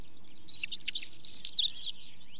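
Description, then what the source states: Stonechat song, a brief scratchy warble of rapid, varied high notes lasting about two seconds, with soft low background rumble. Song; British bird.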